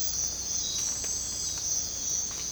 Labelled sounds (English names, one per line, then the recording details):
none
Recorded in dense forest near Puerto Asís, Putumayo, Colombia, on 18 December 2024 at 05:00
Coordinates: 0.466, -76.327
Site G075